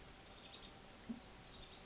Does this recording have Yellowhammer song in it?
no